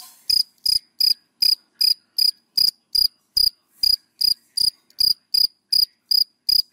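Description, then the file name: Cricket producing sharp, ringing chirps at an even, brisk rhythm, loud and clear with little else heard. Crickets calling, given by the Vietnamese names dế mèn, dế cơm and dế than. "Tieng de men de com de than keu"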